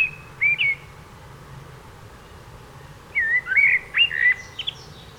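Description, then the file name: Eurasian blackbird whistling two quick notes, falling silent, then delivering a longer warbling phrase of fluted notes ending in a high squeak. "Turdus merula"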